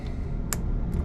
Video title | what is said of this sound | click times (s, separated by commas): KAYAK LIGHTING DIY!!! ..... COMPLETE WALKTHROUGH (LONG VIDEO!!!) | make sure I hear the little snap | 0.5 s